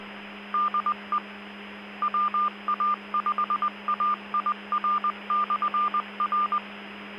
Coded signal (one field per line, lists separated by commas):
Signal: Morse code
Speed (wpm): 20 wpm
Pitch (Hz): 1200 Hz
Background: none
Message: DE WA5AIR/R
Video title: 2025-09-03 1800 [LIVE] Music, Ham Radio VOX & FT8 - Offline Worldwide Comms from the Edge of the Net